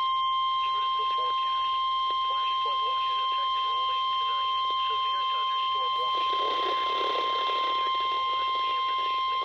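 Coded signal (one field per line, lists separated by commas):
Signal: Emergency Alert System (SAME) tones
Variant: 1050 Hz attention tone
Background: speech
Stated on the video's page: Special marine warning received on a NOAA Weather Radio transmitter.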